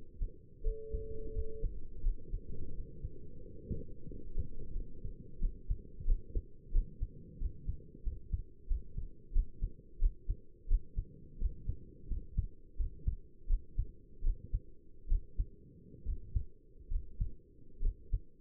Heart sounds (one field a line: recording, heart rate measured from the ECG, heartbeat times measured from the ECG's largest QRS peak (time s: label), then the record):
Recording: heart sounds by stethoscope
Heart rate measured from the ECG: 84 bpm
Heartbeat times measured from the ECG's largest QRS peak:
0.64 s: heartbeat
1.34 s: heartbeat
2.04 s: heartbeat
2.74 s: heartbeat
3.44 s: heartbeat
4.10 s: heartbeat
4.75 s: heartbeat
5.41 s: heartbeat
6.08 s: heartbeat
6.74 s: heartbeat
7.41 s: heartbeat
8.06 s: heartbeat
8.70 s: heartbeat
9.35 s: heartbeat
10.01 s: heartbeat
10.70 s: heartbeat
11.41 s: heartbeat
12.10 s: heartbeat
12.79 s: heartbeat
13.50 s: heartbeat
14.24 s: heartbeat
15.10 s: heartbeat
16.06 s: heartbeat
16.91 s: heartbeat
17.83 s: heartbeat
From the record:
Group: healthy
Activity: rest 0-6 s, cold pressor test 6-18 s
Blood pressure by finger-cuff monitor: 96/58 mmHg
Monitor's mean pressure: 71 mmHg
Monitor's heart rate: 86 bpm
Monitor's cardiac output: 7.6 L/min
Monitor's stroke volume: 88 mL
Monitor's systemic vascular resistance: 650 dyn s/cm5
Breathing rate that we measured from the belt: 14 breaths a minute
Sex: male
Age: 22 years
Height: 181 cm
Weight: 79 kg